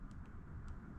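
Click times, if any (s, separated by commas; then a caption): none. A motorcycle wiring harness connector, greased with dielectric grease, is handled and pushed toward its mating plug over a steady low rumble, with a few faint, brief high ticks. Nothing has seated or clicked yet.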